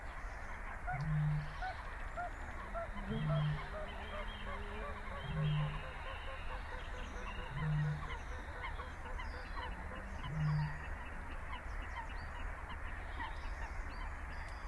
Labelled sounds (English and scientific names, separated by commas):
Little Crake (Porzana parva)